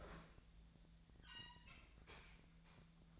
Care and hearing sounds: daily activity, microphone in the room; open fridge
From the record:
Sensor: 3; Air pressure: 1009.6 hPa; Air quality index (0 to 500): 192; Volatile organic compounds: 15 ppm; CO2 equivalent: 2502 ppm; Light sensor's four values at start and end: 37/93/40/42 and 37/93/40/42

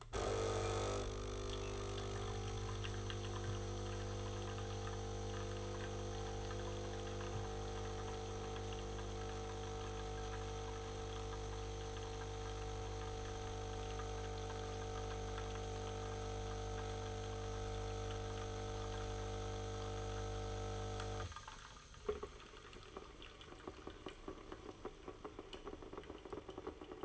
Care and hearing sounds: daily activity, microphone in the room; make coffee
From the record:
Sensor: 4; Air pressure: 991.6 hPa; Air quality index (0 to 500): 134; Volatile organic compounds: 49 ppm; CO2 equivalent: 3286 ppm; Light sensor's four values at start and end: 16/52/20/19 and 19/63/23/24

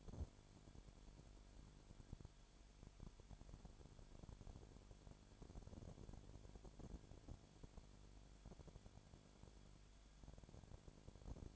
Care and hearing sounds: daily activity, microphone in the room; no activity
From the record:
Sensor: 5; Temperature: 20.2 degrees Celsius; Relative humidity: 36.5%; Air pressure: 1001.2 hPa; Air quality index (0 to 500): 177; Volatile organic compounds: 4 ppm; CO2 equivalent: 1612 ppm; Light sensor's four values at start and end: 2/3/1/1 and 2/3/1/1

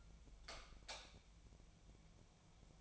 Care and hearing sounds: daily activity, microphone in the room; light off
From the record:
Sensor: 1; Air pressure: 1000.0 hPa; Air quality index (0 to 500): 128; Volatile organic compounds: 2 ppm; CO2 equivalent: 1210 ppm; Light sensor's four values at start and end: 45/120/49/60 and 42/105/44/55

